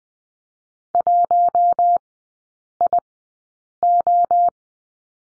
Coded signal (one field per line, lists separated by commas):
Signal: Morse code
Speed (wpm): 20 wpm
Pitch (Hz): 700 Hz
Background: none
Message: 1IO